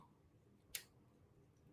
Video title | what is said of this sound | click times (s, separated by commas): Let's Build LEGO Optimus Prime - Part 1 | I guess I didn't click that in enough. | 0.8 s